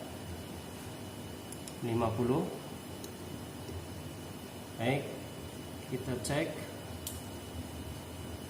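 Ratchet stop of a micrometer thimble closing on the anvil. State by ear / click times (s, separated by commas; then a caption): torque reached / 7.1 s. A micrometer thimble's ratchet stop is turned while calibrating until the spindle closes on the anvil, and the ratchet slips with one sharp click at 7.1 s. Before that, someone talks, and there are a few faint ticks in the background.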